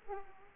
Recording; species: mosquito wingbeat signal from an infrared sensor; Aedes aegypti